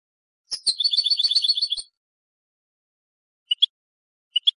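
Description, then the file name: European goldfinch song, a brief rapid twitter followed after a pause by two pairs of short chirps. "audio burung goldfinch"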